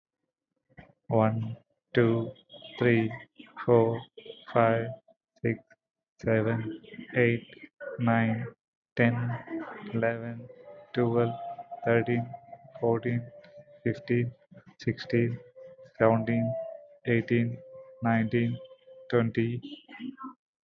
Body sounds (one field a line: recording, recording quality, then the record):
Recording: counting at a normal pace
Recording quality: excellent, no background noise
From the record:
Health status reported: healthy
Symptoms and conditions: none ticked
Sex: male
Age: 38 years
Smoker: not ticked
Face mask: not worn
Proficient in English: yes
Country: India